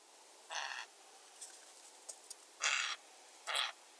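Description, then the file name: Eurasian jay uttering three loud, hoarse screeches, each up to about a third of a second long, with brief faint clicks between them. "Garrulus glandarius"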